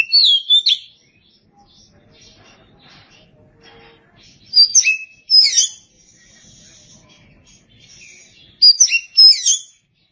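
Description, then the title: Oriental magpie-robin song: loud, varied whistled phrases in three bursts a few seconds apart, sweeping between high and mid pitch, with quiet gaps between. "Suara Kicauan Burung Kacer"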